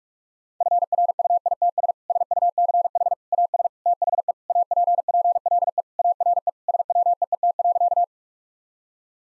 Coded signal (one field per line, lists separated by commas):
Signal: Morse code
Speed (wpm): 41 wpm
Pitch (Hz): 700 Hz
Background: none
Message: FRUITS SUCH AS THE APPLE ARE SWEET.